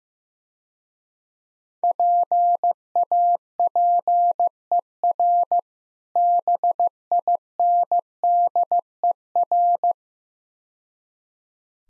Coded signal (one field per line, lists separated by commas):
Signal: Morse code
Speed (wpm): 15 wpm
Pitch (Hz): 700 Hz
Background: none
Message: PAPER BINDER